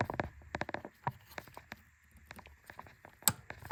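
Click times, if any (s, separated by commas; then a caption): 3.3 s. A wiring harness connector is pushed onto a new idle air control valve on a Ford Super Duty/Excursion 6.8L V10 engine, with a run of small taps and rattles from handling the connector. The connector's plastic locking tab gives a sharp click at 3.3 s, and the connector is seated and locked in.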